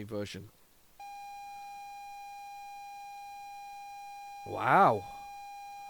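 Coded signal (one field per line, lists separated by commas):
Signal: ZX Spectrum tape loading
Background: speech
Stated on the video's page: ZX Spectrum tape of unknown content being loaded, with tape errors.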